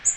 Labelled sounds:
Magnolia Warbler flight call

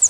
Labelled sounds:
Northern Parula flight call

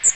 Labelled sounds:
Magnolia Warbler flight call

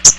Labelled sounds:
Common Yellowthroat flight call

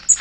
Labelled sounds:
Blackpoll Warbler flight call

